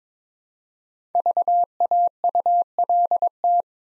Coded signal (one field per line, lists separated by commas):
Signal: Morse code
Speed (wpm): 23 wpm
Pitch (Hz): 700 Hz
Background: none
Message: VAULT